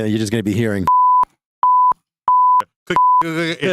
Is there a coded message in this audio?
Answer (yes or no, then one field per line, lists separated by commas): no